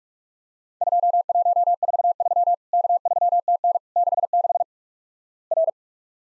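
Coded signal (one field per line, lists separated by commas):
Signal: Morse code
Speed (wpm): 46 wpm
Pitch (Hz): 700 Hz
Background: none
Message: 2143 K3TN 66 R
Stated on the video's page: Practice recreation of Worked All Europe DX Contest CW QTC exchanges at 45 wpm, each sent in Morse, spoken, then repeated.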